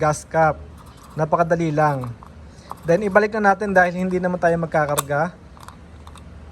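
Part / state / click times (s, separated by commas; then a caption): fuel tank gas cap on the car's filler neck / torque reached / 5.6 s, 5.7 s, 6.1 s, 6.2 s. Someone talks while the fuel tank gas cap is screwed back onto the car's filler neck. It is turned until its ratchet gives a quick series of short, sharp clicks at 5.6, 5.6, 5.7, 6.1 and 6.2 seconds. The cap ends up locked and tight.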